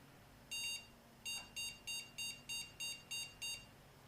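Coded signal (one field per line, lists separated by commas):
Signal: beep code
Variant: AMI BIOS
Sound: one longer electronic beep, a pause, then eight short evenly spaced beeps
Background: low hum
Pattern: 1 long, 8 short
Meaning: On AMI BIOS, one long and eight short beeps means a display or video adapter failure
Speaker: We do have a beep code. Brilliant.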